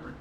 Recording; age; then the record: pig call; growing-finishing pig (85 days or more)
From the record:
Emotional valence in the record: positive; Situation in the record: run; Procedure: transit